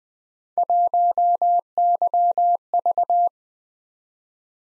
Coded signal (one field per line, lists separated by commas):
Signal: Morse code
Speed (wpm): 20 wpm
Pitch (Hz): 700 Hz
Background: none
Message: 1YV